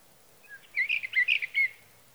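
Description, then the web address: Sage thrasher song: a rapid, jumbled run of warbled, scratchy notes lasting about a second, with no other clear sounds. "birdsongforthecurious Sage Thrasher"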